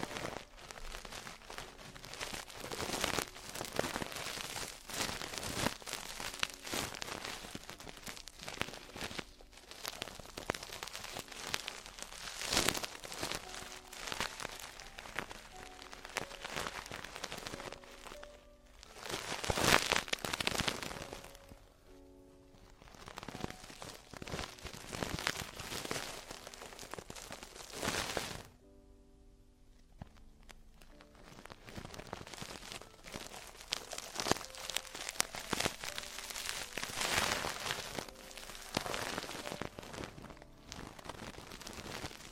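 Ear cleaning, heard as a dense run of scratchy, crackling scrapes and rustles, much like rain on a surface. The scraping comes in irregular bursts, with short lulls near 21 and 28 seconds, and a faint low hum runs underneath.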